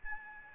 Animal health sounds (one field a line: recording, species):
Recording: mosquito wingbeat signal from an infrared sensor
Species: Aedes albopictus